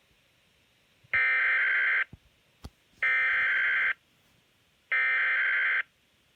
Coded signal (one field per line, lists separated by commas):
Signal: Emergency Alert System (SAME) tones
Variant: header bursts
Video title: Freezing Rain Warning at 4:45 AM (EAS #20)